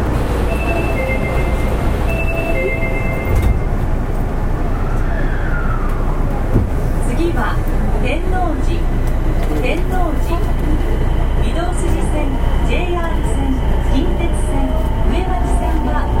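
A subway train runs with a steady low rumble, rising whining motor tones from about six seconds, and murmured voices throughout the carriage.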